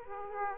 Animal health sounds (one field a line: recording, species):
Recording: mosquito wingbeat signal from an infrared sensor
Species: Aedes aegypti